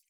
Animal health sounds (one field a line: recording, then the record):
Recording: hydrophone in a shrimp aquaculture tank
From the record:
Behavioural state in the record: feeding